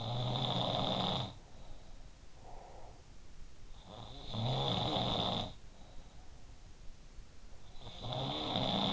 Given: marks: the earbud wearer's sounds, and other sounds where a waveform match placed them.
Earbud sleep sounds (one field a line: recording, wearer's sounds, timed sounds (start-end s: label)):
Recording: sounds in sleep by an in-ear microphone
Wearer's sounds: breath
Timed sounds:
0.00-1.39 s: sound from someone else or the room
1.51-3.08 s: breath
3.91-6.01 s: sound from someone else or the room
7.90-8.93 s: sound from someone else or the room